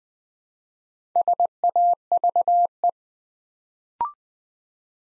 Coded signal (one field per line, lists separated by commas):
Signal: Morse code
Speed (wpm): 20 wpm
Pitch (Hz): 700 Hz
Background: none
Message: SAVE